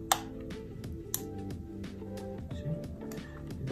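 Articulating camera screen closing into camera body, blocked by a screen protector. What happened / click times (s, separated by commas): The flip screen did not latch into the body / none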